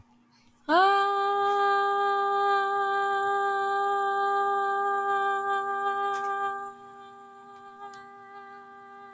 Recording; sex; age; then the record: vowel held as long as possible; male; 40 to 49 years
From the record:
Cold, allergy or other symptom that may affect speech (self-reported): no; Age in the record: 44 years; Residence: California, United States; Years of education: 20